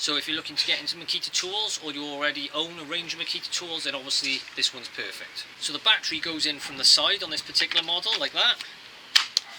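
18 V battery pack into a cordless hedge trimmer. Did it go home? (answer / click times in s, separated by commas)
yes / 9.2 s, 9.4 s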